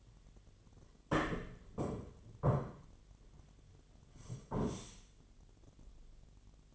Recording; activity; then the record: daily activity, microphone in the room; sit down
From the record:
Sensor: 4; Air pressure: 1008.7 hPa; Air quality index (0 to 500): 170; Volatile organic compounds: 5 ppm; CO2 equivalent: 1705 ppm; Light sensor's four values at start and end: 23/72/27/26 and 23/72/27/26